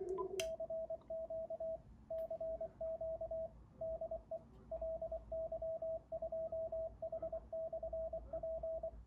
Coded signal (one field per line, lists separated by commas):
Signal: Morse code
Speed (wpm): 23 wpm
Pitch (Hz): 650 Hz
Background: radio noise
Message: CQ CQ DE LY2H/P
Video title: MiNiPA50 HF PA with Icom IC-705: compatibility, real power output, temperature test, heatsink mod.